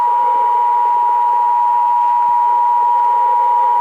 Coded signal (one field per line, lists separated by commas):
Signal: Emergency Alert System (SAME) tones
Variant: 853 and 960 Hz attention tone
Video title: (EAS #984-992) February 2026 Texas Required Monthly Test